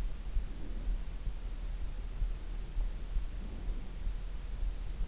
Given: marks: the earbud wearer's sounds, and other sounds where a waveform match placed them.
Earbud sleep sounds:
sounds in sleep by an in-ear microphone; breath
0.34-1.35 s: breath
3.20-4.08 s: breath

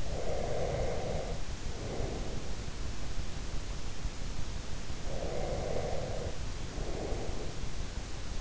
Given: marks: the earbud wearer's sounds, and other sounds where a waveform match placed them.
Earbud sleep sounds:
sounds in sleep by an in-ear microphone; breath
0.00-2.57 s: breath
4.97-7.71 s: breath

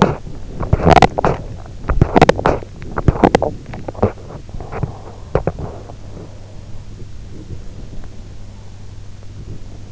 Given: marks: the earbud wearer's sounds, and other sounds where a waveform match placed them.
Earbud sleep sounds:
sounds in sleep by an in-ear microphone; teeth grinding, breath
0.00-3.63 s: teeth grinding
3.98-5.83 s: teeth grinding
6.15-8.21 s: breath

